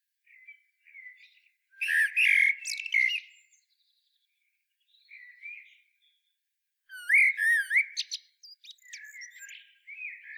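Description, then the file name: Common blackbird song: two loud phrases of fluted notes mixed with high squeaky twitters, with softer low warbles around them and short silent pauses. "Turdus merula"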